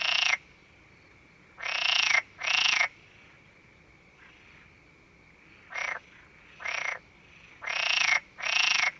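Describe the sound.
Frog croaking in loud, broad bursts of about half a second, some paired, separated by pauses, over a steady faint high tone.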